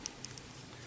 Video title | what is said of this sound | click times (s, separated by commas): Zblex French Reviews : MP-15 Rumble and Jaguar | entendu il ya un petit clic donc là c'est que c'est bon | 0.1 s